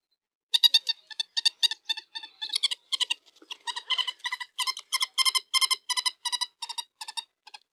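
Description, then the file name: Common moorhen uttering a long series of short, harsh, nasal clucks, repeated several times a second. "Poule deau"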